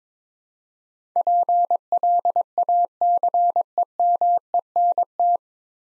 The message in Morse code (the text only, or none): PLACEMENT